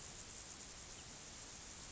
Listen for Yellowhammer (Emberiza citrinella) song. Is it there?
no